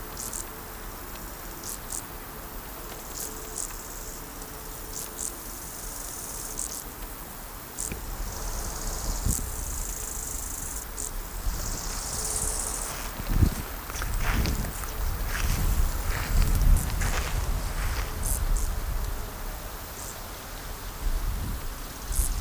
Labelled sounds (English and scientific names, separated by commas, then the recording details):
Bow-winged Grasshopper (Chorthippus biguttulus) stridulation
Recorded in the wild
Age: imago
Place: Mühlenbecker Land, OT Summt, Brandenburg, DE
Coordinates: 52.7, 13.3667
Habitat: heath
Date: 1990-08-12 15:18
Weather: 28°C
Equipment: Marantz, Sennheiser ME 80
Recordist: Tembrock, Günter